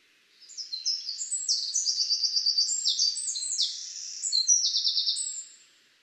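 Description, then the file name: Eurasian wren delivering a rattling, high, energetic song of quick trills and ringing notes, ending in a loud final trill after about five seconds. "Troglodytes troglodytes"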